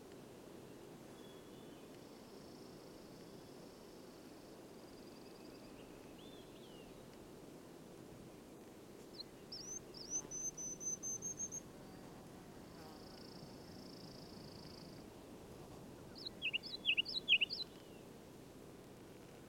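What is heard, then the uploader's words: A Ruby-crowned Kinglet gives high, thin trills and bright chirping bursts around ten and seventeen seconds over a steady low outdoor rumble. A tiny little bird with an outsized voice, the Ruby-crowned Kinglet, Regulus calendula, is a bird of the Northern forests. Perched out on a fir limb around 20 feet up, it would sing and promptly flit out around 4-5 feet. I chose to leave this one un-mastered, "raw" save for removing mic bumps and me coughing, just to show how quiet the location is.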